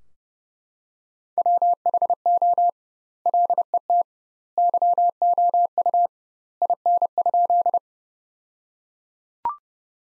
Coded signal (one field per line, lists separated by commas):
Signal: Morse code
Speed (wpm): 30 wpm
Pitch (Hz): 700 Hz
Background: none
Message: WHO LET YOU IN?